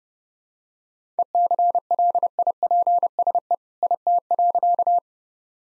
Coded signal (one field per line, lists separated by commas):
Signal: Morse code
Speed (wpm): 30 wpm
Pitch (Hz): 700 Hz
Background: none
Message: ECLIPSE IT.